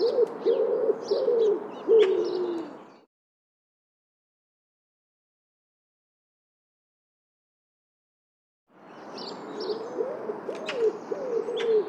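Bird giving low, hollow cooing notes in two bursts split by silence.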